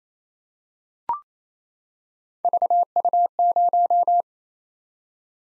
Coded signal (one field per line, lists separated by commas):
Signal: Morse code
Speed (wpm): 27 wpm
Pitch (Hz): 700 Hz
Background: none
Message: VU0